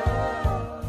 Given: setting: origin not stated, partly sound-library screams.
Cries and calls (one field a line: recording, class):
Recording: one-second piece from a danger detection set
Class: normal situation